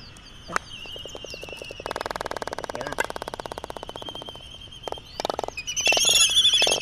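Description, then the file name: Laysan albatross calls: a run of rapid pulsed, buzzy notes, followed by harsher wheezing calls that grow louder near the end, with a thin continuous whine underneath. "phoebastria immutabilis"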